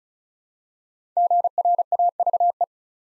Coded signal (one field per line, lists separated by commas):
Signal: Morse code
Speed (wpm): 36 wpm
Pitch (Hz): 700 Hz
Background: none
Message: GRAVE